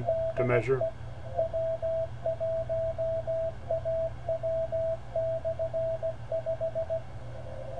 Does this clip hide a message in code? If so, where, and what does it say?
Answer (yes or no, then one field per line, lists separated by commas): yes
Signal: Morse code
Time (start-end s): 0.1-7.0 s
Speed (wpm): 17 wpm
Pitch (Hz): 660 Hz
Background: speech, radio noise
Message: DE W1AW/5